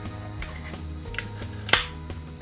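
Two sections of a 3-piece raft oar are pushed together, and the spring push-pin is pressed down so it snaps into the locking hole of the mating section. Over steady background music and a few faint taps, a sharp click at 1.7 s marks the pin seating, confirming the oar sections are locked.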